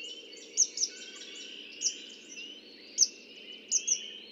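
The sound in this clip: Red-winged blackbird: bright high chip notes, single and paired, over continuous twittering, with steady low background noise.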